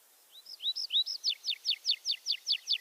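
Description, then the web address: Tree pipit song, a few upslurred notes leading into a steady, rapid series of sharp, quickly falling notes. "mini musorok bioakusztika erdeipityer"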